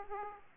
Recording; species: mosquito wingbeat signal from an infrared sensor; Aedes aegypti